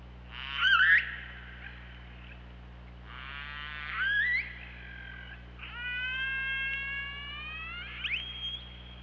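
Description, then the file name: Orca calls, three harmonic squeals: two buzzy rising bursts, then a long steady multi-toned call ending with an upward jump, over low hum. OrcaLab hydrophone, 24 August 2017, 23:36. "Orca Lab UTLN JASON 20170824 233652"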